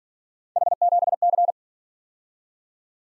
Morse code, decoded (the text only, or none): H7C